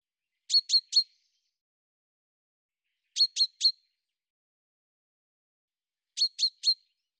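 Bird calling in short bursts of three high, sharp chirps, each burst about every three seconds, with silence between.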